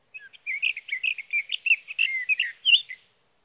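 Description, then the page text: Sage thrasher delivering rapid, run-on warbling, mixing burry and clear whistled notes. Male singing through the night near his night roost, Sierra Valley, California, June 12–15, 2018, evening to morning; recorded with a Swift recorder. "Sage thrasher songs, through the night. For three nights, from the evening of June 12 to the morning of June 15, 2018, in Sierra Valley, California, I placed a Swift recorder near a male's night roost."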